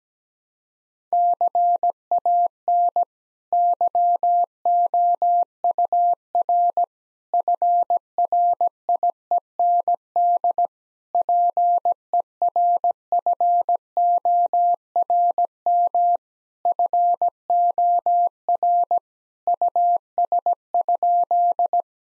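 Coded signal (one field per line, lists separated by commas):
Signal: Morse code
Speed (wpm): 17 wpm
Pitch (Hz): 700 Hz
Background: none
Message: CAN YOUR FRIEND PERFORM FOR US?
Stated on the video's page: Morse practice at 17 wpm, sentences built from the top 1000 words, each sent, spoken, then sent again for head-copy.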